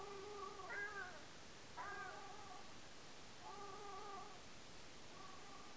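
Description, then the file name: Ruddy shelduck giving several nasal, harmonic honking calls against a steady hiss. Nocturnal flight call at Lingshan, Beijing, China, 21 April 2024, about 02:57 at night. "LINGSHAN. Ruddy Shelduck series"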